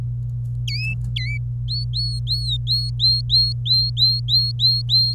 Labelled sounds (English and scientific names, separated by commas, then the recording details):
Domestic Canary (Serinus canaria) song
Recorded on 26 April 2018 at 08:19
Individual llb3